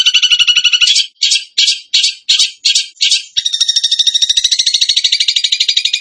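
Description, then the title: Bird song: a burst of quick, harsh chattering notes, then a sustained, rapid buzzy trill. Masteran training recording for cage birds in the tembakan gacor song style. "Masteran Burung Tembakan Gacor"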